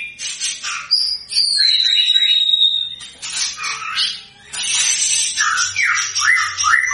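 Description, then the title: White-rumped shama song: rich, varied whistled phrases with a long falling whistle, harsh scratchy bursts and quick descending slurred notes. Lure recording of a white-rumped shama singing vigorously, meant to provoke an immediate response. "PANCINGAN MURAI BATU GACOR, LANGSUNG RESPON"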